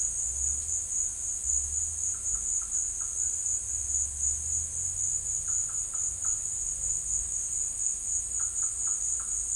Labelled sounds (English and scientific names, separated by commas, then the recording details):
none
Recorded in secondary vegetation near Puerto Asís, Putumayo, Colombia, on 18 December 2024 at 13:00
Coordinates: 0.481, -76.318
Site G042